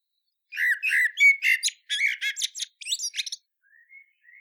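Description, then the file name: Eurasian blackbird delivering a quick run of scratchy, squeaky notes for about three seconds, then a few faint rising whistles. "Turdus merula"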